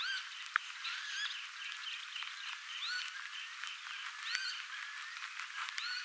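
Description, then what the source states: Northern lapwing calls: slurred, rising-then-falling wheezy notes repeated irregularly, over a busy background of croaking and clicking sounds. Calls of a parent northern lapwing, recorded on 11 June 2025.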